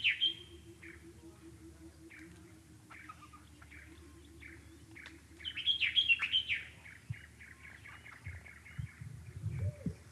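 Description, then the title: Dark-capped bulbul calling with a brief liquid phrase at the start and a louder bubbling burst midway, between soft rapid chirps and a low background hum. Recorded in the Okavango. "intotheokavango dark capped bulbul"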